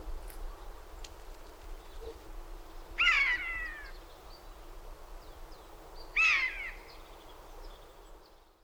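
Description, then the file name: Eurasian jay calling twice, about three seconds apart, each a rasping, descending mew with strong harmonics over steady low background hiss. "Garrulus glandarius"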